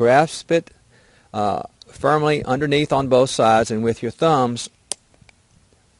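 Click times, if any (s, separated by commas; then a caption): 4.9 s. Someone talks while gripping a tree micro-injection unit firmly underneath on both sides and pressing its plunger down with the thumbs. A sharp click at 4.9 s is the tabs inside the plunger catching on tabs of the conical piece, locking the plunger in place and giving about 10 psi of air pressure behind the fluid. A faint tick follows at 5.3 s.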